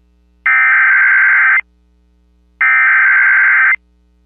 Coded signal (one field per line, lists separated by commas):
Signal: Emergency Alert System (SAME) tones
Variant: header bursts